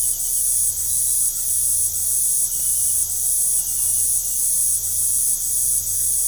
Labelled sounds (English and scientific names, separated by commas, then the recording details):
none
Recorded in pastures near Puerto Asís, Putumayo, Colombia, on 22 December 2024 at 19:30
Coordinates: 0.497, -76.327
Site G088